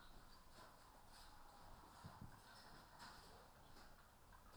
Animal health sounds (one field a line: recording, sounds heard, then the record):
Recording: poultry house recording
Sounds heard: healthy chickens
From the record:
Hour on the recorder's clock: 14